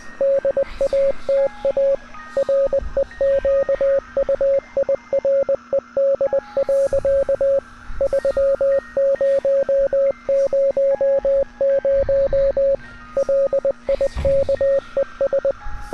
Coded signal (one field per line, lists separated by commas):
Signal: Morse code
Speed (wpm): 20 wpm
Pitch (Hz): 550 Hz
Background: music, radio noise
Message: DATA REQUIRED. 3000 LIKES